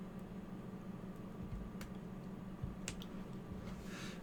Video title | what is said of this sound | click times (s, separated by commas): Build log - Model-Space Porsche 911 - Stages 19-20 - Assembing the chassis | like so click into place | 2.9 s